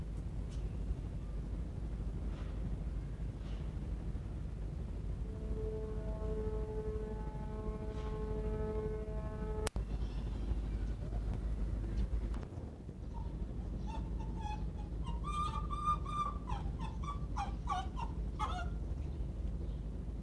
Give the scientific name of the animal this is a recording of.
Vulpes lagopus